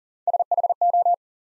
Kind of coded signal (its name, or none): Morse code